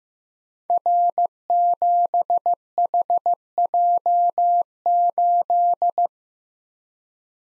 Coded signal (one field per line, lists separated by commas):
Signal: Morse code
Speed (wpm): 15 wpm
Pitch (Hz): 700 Hz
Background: none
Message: R7HJ8